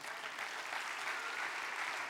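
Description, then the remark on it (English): Thin, half-hearted applause from an audience, a soft steady patter of scattered claps that holds at the same low level for about two seconds without building. “And to me, that was the weakest clap I have ever heard in my life.”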